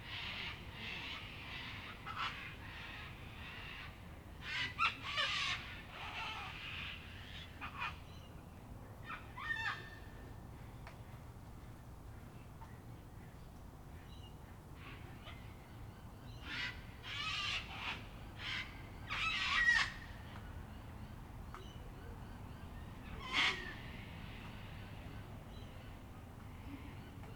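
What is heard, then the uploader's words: Many cockatoos screech in harsh bursts around five, nine, seventeen to twenty and twenty-three seconds over a low steady hum, with other birds calling. An Evening in Canberra (Feat. 500 Cockies). A typical evening in Canberra, featuring the local Cockies and misc other birds. Recorded during lockdown in April 2020.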